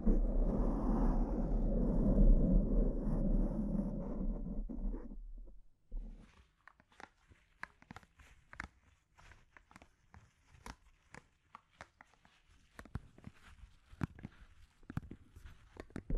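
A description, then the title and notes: Brain-scratch sounds with no talking. For the first five seconds a dense, steady rubbing rumble with a low hum fills the sound, then it cuts off abruptly. After that come sparse, irregular scratchy clicks and taps, with quiet gaps between them. ASMR S E N S I T I V E Brain Scratch (No Talking).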